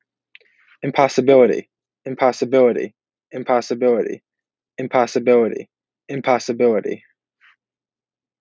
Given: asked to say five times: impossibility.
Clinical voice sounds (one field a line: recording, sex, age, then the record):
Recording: repeated word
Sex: male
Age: 18 to 19 years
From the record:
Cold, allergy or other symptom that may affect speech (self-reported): no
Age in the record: 19 years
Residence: Georgia, United States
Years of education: 13